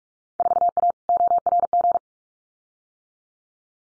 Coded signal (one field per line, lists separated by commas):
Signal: Morse code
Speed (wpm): 46 wpm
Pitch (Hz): 700 Hz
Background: none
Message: 4A ORG